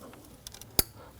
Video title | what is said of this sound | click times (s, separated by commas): How to Replace Intake VVT Solenoid 2013-2019 Ford Police Interceptor Utility 3.7L V6 | Press it on. You're going to hear and feel it lock into place. | 0.8 s